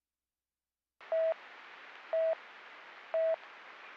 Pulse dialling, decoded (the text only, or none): none